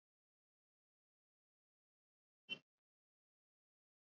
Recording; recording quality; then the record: shallow breathing; poor, much background noise or distortion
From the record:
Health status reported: recovered from COVID-19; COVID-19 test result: negative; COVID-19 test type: RT-PCR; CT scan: not taken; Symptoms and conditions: cough, fever, fatigue, muscle pain, asthma, hypertension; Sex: male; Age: 40 years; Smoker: yes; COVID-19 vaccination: both doses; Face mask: worn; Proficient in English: yes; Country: India